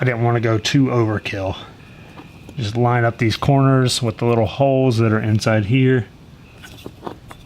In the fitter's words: just twist one little click it doesn't go very far but just twist it to lock it in